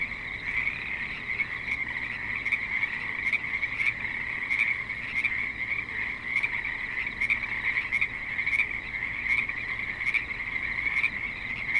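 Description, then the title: Frogs in full chorus, overlapping trills forming a constant buzzy drone, punctuated by brief higher clicks. Creek in suburban Spanish Springs, Nevada, USA; frogs calling with light traffic and other suburban sounds. "Frogs in Spanish Springs, NV - creek view"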